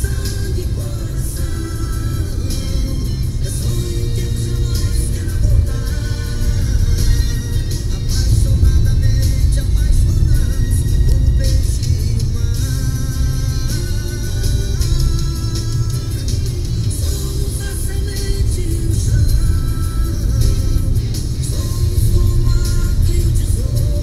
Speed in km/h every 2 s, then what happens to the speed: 73, 72, 71, 70, 68, 66, 67, 70, 70, 70, 70, 71.
0-10 slows to 66. 10-24 steady at about 70.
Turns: none.